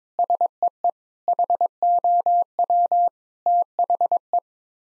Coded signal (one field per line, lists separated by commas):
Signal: Morse code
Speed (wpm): 22 wpm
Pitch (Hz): 700 Hz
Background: none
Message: SEE HOW THE